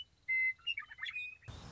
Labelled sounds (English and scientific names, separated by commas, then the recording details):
Western Meadowlark (Sturnella neglecta)
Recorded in Sonoma County, California